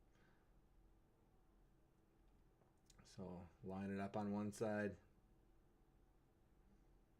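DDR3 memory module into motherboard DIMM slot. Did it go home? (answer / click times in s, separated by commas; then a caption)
no / none. A DDR3 memory module is lined up by its notch and centred in a motherboard DIMM slot in the top memory bank of a Dell Precision T5610 workstation, ready to be pressed in. Someone talks from about 3.2 to 4.9 s over a quiet background, with a faint short tap at 2.9 s. The module has not been pushed down yet, and nothing has seated or clicked.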